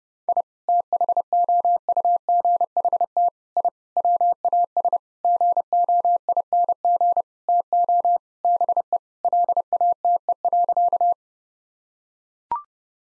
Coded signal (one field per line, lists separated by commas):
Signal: Morse code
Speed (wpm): 32 wpm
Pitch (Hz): 700 Hz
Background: none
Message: I THOUGHT I WAS GOING TO BE LATE.